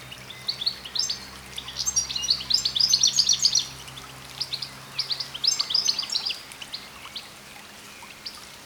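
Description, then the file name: European goldfinch uttering softer clusters of high, tinkling chirps in two main bursts a second or two apart, over a low hiss. "Carduelis carduelis"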